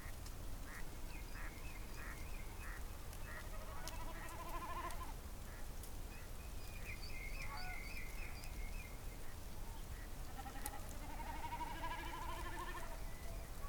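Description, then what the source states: Whooper swans giving nasal, trumpeting honks in overlapping bursts, several birds calling together, over steady background noise. Recorded on 24 April 2022.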